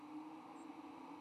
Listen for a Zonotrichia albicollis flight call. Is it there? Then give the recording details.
no. Another species' flight call is heard. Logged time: 06:56 on 15 November 2014